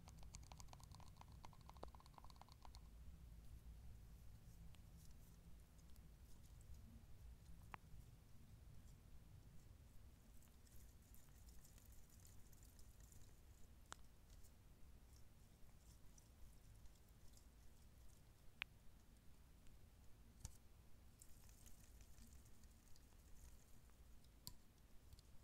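Shaving gel hisses out with a low rumble for the first few seconds, then settles into a soft, steady crackle like tiny bubbles popping. Sharp isolated clicks land every few seconds, and faint airy hiss drifts in and out later on.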